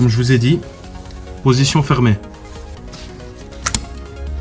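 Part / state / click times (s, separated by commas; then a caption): electrical connector onto ignition coil / seated / 3.7 s, 3.8 s. Someone talks while an electrical connector, with its locking tab set to the closed position, is pushed onto an ignition coil of a Renault Mégane IV 1.3 TCe H5H B4 engine, with music in the background. Two sharp clicks come at 3.7 s and 3.8 s as the connector clips onto the coil and seats.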